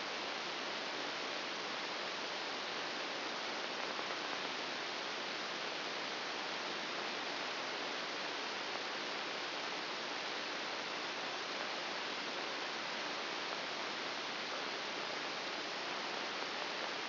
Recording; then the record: brain microelectrode recording played as sound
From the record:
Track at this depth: inside the subthalamic nucleus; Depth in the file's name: 1.804 mm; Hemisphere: right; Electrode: 2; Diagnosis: Parkinson's disease